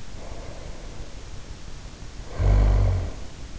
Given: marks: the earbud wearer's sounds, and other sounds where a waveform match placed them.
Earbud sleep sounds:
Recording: sounds in sleep by an in-ear microphone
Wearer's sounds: snoring breath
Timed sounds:
0.00-3.28 s: snoring breath

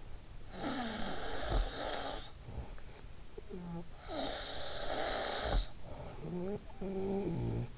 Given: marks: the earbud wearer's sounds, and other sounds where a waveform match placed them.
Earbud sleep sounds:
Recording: sounds in sleep by an in-ear microphone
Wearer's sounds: snoring breath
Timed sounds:
0.24-2.62 s: snoring breath
3.26-5.70 s: snoring breath
5.83-7.78 s: snoring breath

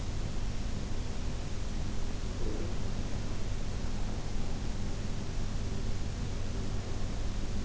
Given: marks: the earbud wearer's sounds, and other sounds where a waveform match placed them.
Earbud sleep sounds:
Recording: sounds in sleep by an in-ear microphone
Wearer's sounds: breath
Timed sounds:
2.25-2.95 s: breath

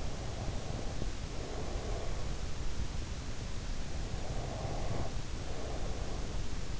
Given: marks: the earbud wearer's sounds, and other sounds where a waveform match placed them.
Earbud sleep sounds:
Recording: sounds in sleep by an in-ear microphone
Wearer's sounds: breath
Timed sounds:
0.00-2.29 s: breath
3.97-6.59 s: breath

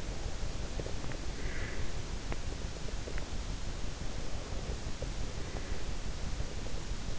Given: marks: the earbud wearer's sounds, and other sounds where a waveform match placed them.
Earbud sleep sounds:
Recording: sounds in sleep by an in-ear microphone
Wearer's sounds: breath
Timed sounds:
1.28-1.85 s: breath

